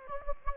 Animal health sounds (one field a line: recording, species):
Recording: mosquito wingbeat signal from an infrared sensor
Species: Anopheles gambiae